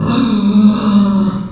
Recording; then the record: squeal of a Yucatan mini pig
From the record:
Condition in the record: after surgery on the right vocal fold (resection and tissue-engineered implant); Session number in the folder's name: 11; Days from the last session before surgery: 98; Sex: female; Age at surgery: 19 weeks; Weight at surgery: 25 kg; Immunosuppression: prednisolone